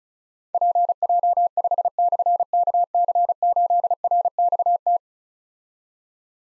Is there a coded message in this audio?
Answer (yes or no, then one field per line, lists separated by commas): yes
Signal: Morse code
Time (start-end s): 0.5-5.0 s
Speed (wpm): 36 wpm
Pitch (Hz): 700 Hz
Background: none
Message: PJ5/KC8RXT